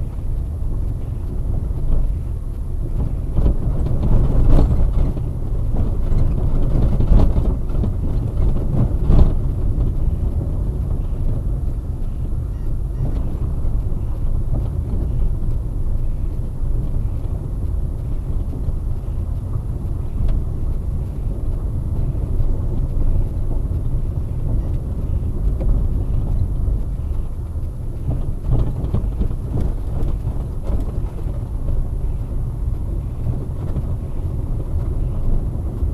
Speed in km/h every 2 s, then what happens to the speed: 23, 25, 25, 27, 27, 26, 24, 22, 24, 22, 23, 24, 24, 23, 21, 21, 25, 26.
0-36 steady at about 24.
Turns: none.